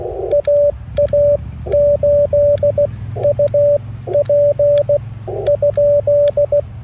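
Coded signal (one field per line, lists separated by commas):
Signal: Morse code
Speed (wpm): 16 wpm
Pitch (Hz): 580 Hz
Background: radio noise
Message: AA8UP ?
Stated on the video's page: Portable QRP CW setup using a 705 transceiver.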